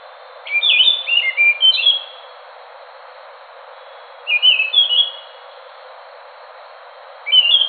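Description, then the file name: Scaly thrush song: bursts of sweet, slurred whistled phrases with rising and falling notes, separated by pauses of a few seconds, over a steady background hiss. "anis macan. omkicau"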